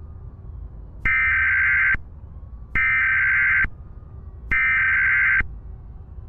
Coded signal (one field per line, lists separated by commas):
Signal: Emergency Alert System (SAME) tones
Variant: header bursts